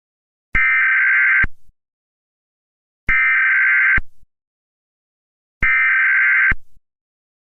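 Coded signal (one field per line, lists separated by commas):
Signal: Emergency Alert System (SAME) tones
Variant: header bursts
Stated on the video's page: Mock EAS alert about a fictional solar event, not a real broadcast.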